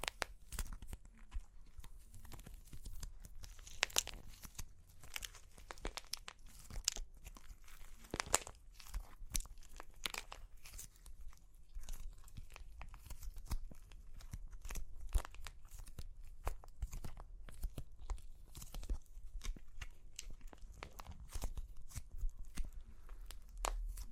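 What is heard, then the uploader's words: Dry clay cracks and crunches in a dense, irregular stream of sharp snaps, crisp, with no pauses over the whole stretch. Brighter, louder breaks stand out every second or two above a steady low rumble of handling. Super Crunchy Clay Cracking (No Talking).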